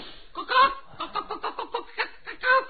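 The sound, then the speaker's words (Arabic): A chicken clucks in a quick, uneven series of short, nasal bursts, fairly loud, with a louder squawk near the start and another at the end. “مولانا السكسك فرخة بتوكوك”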